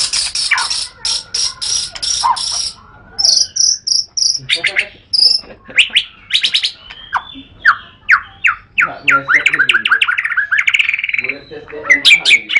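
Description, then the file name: White-rumped shama singing a varied medley: sharp high clicks and buzzy bursts, then quick whistled notes and rattling phrases that shift in pitch from phrase to phrase. Recorded in Lhokseumawe. "kicau murai batu matrix pawang bc lhokseumawe"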